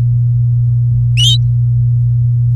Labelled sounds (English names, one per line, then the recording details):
Domestic Canary song
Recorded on 4 May 2018 at 09:20
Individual llb16